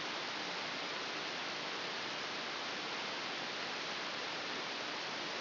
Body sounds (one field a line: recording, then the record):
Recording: brain microelectrode recording played as sound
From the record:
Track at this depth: inside the subthalamic nucleus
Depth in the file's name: 6.508 mm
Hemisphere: left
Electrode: 2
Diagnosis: Parkinson's disease